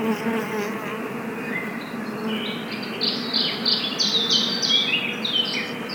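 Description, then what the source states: Bee: low buzzing drone of bees under a busy stretch of rapid, high bird twittering that grows stronger midway. Bees in a forest.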